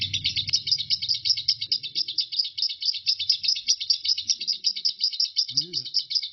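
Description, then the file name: Lovebird ngekek song: a fast, continuous high-pitched chatter of pulses, with a brief low hum at the start and a soft low sound near the end. Lovebird named Marco singing ngekek; recording lasts 5 minutes 25 seconds. "suara burung lovebird Marco ngekek"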